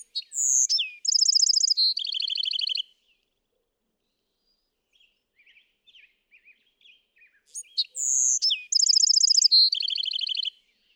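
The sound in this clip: Bewick's wren song: two phrases several seconds apart, each opening with sharp high notes and ending in a buzzy, rapidly repeated trill, with soft faint notes between.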